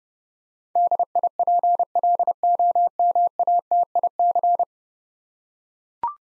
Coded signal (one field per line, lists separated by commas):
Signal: Morse code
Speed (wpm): 32 wpm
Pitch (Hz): 700 Hz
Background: none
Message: DIPLOMATIC